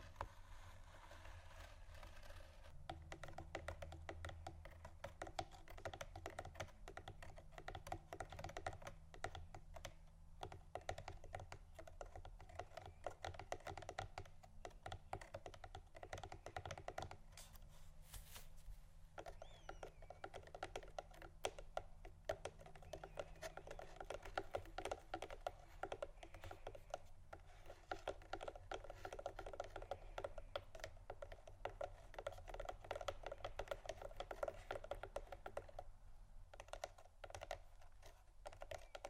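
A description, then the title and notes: Dense, steady scratching and quick tapping on cardboard boxes, with a low hum underneath and one sharp burst near eighteen seconds. ASMR Scratching & Tapping Cardboard Boxes（No Talking）.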